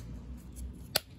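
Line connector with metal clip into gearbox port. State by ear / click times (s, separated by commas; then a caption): seated / 1.0 s. The lower line connector, held by a metal clip, is pushed into its port on the 5-speed manual gearbox of a 2014 Opel Corsa D 1.4 during a gearbox swap. Over a low, steady rumble, one sharp, loud click is heard at 1.0 s. The connector is seated and clicked into place.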